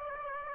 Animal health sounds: mosquito wingbeat signal from an infrared sensor; Aedes aegypti

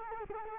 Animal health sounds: mosquito wingbeat signal from an infrared sensor; Culex quinquefasciatus

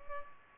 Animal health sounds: mosquito wingbeat signal from an infrared sensor; Culex pipiens

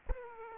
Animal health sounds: mosquito wingbeat signal from an infrared sensor; Aedes aegypti

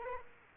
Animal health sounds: mosquito wingbeat signal from an infrared sensor; Aedes aegypti

